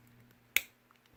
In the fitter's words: sort of break, not break, but it sort of snaps into place, so snap that forward.